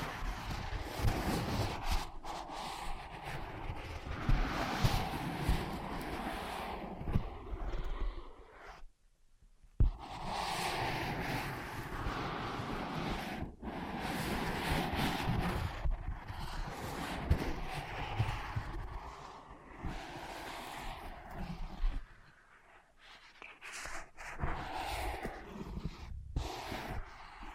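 Ear pads are scratched, traced and tapped in a dense, rustling texture that runs almost without pause, with crackly brushing strokes and occasional sharper taps. The sound briefly drops away near nine seconds and again around twenty-two to twenty-four seconds before resuming.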